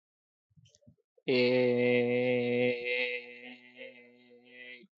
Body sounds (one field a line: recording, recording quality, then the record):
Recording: sustained vowel as in made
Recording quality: excellent, no background noise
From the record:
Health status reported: healthy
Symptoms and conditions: none ticked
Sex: male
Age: 24 years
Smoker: not ticked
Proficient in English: yes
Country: India